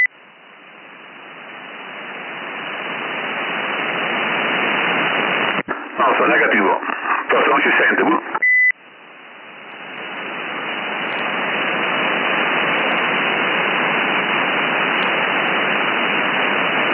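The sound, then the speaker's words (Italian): Steady CB radio static hisses throughout, broken by a brief spoken transmission that ends in a short, high roger beep from a station pressing the beep while talking, before the hiss swells back in, in Sassari, Italy. “Se c'è qualcuno col beep che schiaccia mentre parli.”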